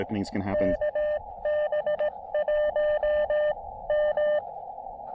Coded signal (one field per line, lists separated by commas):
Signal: Morse code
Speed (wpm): 22 wpm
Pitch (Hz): 600 Hz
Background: speech, radio noise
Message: K B 1 M